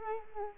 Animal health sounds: mosquito wingbeat signal from an infrared sensor; Culex quinquefasciatus

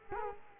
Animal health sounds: mosquito wingbeat signal from an infrared sensor; Culex quinquefasciatus

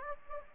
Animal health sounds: mosquito wingbeat signal from an infrared sensor; Anopheles gambiae

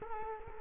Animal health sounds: mosquito wingbeat signal from an infrared sensor; Culex quinquefasciatus

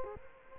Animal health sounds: mosquito wingbeat signal from an infrared sensor; Culex quinquefasciatus

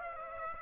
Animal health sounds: mosquito wingbeat signal from an infrared sensor; Aedes aegypti

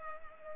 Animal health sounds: mosquito wingbeat signal from an infrared sensor; Culex pipiens

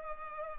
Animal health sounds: mosquito wingbeat signal from an infrared sensor; Culex pipiens

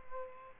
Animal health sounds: mosquito wingbeat signal from an infrared sensor; Aedes albopictus

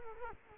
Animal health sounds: mosquito wingbeat signal from an infrared sensor; Culex quinquefasciatus

